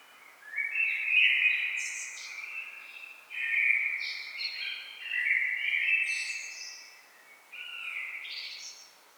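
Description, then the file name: Common blackbird song with several linked phrases, full flute-like whistles mixed with brief high, scratchy flourishes, barely pausing between them. "Turdus merula"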